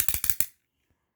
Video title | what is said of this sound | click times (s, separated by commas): Dyson Ball Animal 2 (UP20) In-Depth Vacuum Review | Once you hear it start clicking, you'll know that it's in all the way. | 0.0 s, 0.1 s, 0.2 s, 0.3 s, 0.4 s